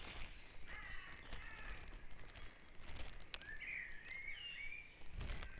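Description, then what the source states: Bird song at dawn, a clear rising warbled phrase near the end, other faint singers, over steady low rumble and scattered clicks. Dawn chorus recorded at Back Dragon Avenue, Harrogate, as part of a sound map of Harrogate.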